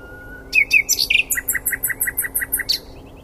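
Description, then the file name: Common nightingale song: a thin note, varied chirps, then a fast rhythmic run of paired high and lower notes repeated several times. "Luscinia megarhynchos"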